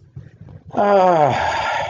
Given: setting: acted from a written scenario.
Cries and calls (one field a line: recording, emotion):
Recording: vocal sound without words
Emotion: contentment